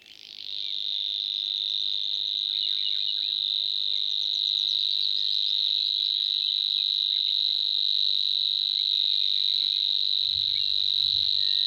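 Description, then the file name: Savi's warbler song, a rapid high-pitched reeling trill that swells in at the start and continues unbroken, with faint chirps behind. "Snor"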